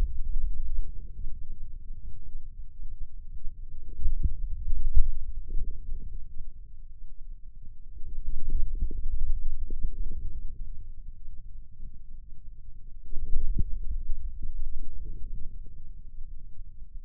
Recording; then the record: forearm muscle sounds (acoustic myography)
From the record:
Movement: hand closing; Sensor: system 2, bracelet of six BSWA MPA416 microphones around the upper forearm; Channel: 2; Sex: male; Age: 22 years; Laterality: right